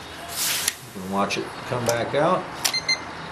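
A Sargent & Greenleaf S&G Titan Series direct drive electronic safe lock with a digital keypad is handled as its motor-driven steel bolt starts to extend again after the combination was entered and the bolt retracted. Someone talks while sharp transients sound at 0.7, 2.7 and 2.9 seconds. Nothing has seated or locked yet.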